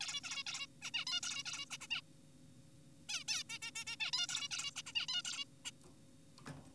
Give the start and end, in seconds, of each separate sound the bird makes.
0.01-0.21, 0.24-0.44, 0.47-0.67, 0.82-0.91, 0.94-1.05, 1.07-1.21, 1.23-1.43, 1.46-1.65, 1.71-1.77, 1.81-1.87, 1.91-2.01, 3.09-3.24, 3.28-3.43, 3.49-3.59, 3.62-3.71, 3.75-3.85, 3.87-3.96, 4.00-4.11, 4.13-4.27, 4.29-4.49, 4.51-4.71, 4.76-4.82, 4.87-4.93, 4.95-5.07, 5.09-5.22, 5.25-5.45, 5.65-5.71